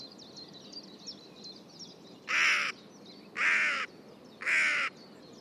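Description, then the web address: Bird calls: after soft high chirps, three harsh grating caws come in quick succession, about one per second. "Deverinetal 2025 File origin Bird Only"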